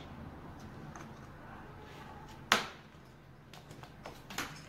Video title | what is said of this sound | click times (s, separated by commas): Installer une pognée de porte avec rosaces d'une manière simple et méthodique / clinche, bouton | doit se clipser voilà | 2.5 s